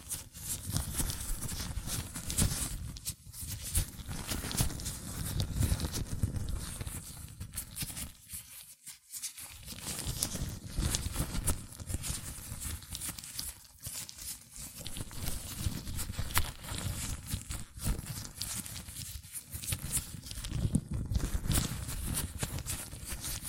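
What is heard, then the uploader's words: Latex gloves rub and squeak against each other as hands move, making a dense, continuous rustling that fills nearly the whole clip. The texture shifts constantly, with brief pauses around 3, 9, 14 and 19 seconds before the handling resumes. ASMR Latex Gloves Hand Sounds (No Talking).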